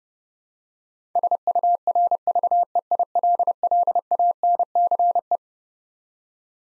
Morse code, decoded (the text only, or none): SURVEILLANCE